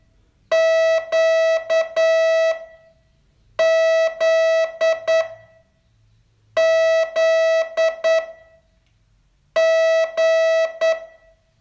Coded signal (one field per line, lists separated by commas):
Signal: Morse code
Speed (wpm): 9 wpm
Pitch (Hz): 650 Hz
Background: none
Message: Q Z Z G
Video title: Learn Morse in 42 Days from VU2LAU - day 31